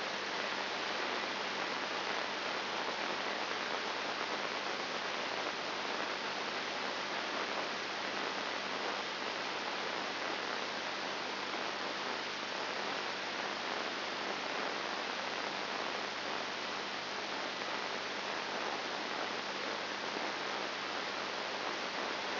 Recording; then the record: brain microelectrode recording played as sound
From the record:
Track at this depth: inside the subthalamic nucleus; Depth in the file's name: 3.101 mm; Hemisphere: left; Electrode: 2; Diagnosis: Parkinson's disease